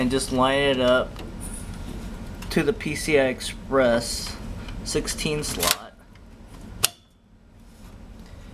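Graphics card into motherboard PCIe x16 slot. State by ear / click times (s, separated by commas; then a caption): seated / 6.9 s. Someone talks while a Galaxy MDT GeForce GT210 graphics card is lined up with the PCI Express x16 slot on a motherboard. After a quiet pause, the card is pushed down and a single sharp click is heard at 6.9 s as the slot's retention latch locks and the card seats.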